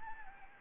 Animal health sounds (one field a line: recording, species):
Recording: mosquito wingbeat signal from an infrared sensor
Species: Anopheles gambiae